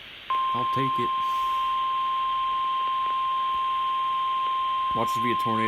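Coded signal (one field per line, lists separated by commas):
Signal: Emergency Alert System (SAME) tones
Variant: 1050 Hz attention tone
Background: speech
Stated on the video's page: Flood Warning SAME alert, two headers, from NOAA Weather Radio station on 162.425 MHz.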